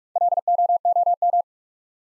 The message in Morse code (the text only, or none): LOOM